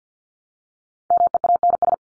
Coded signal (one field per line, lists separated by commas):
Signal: Morse code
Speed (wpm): 50 wpm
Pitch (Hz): 700 Hz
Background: none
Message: MEANS